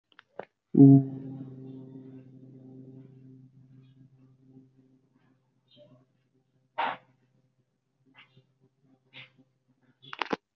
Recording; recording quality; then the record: sustained vowel as in boot; poor, much background noise or distortion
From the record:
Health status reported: recovered from COVID-19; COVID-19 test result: positive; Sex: male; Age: 22 years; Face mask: not worn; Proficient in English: yes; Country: India